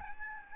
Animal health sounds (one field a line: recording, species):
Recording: mosquito wingbeat signal from an infrared sensor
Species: Aedes albopictus